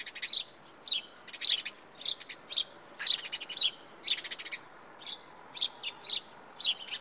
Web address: BBC Sound Effects Library. House Sparrow (Passer Domesticus)